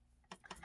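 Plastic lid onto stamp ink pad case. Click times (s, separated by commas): 0.3 s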